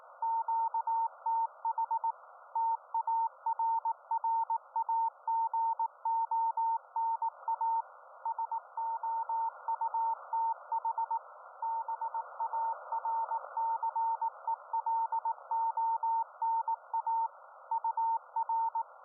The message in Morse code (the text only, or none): QTH TARRAGONA SOUTH BARCELONA UR